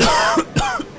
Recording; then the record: coughing mixed with background sound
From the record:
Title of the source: Coughing 51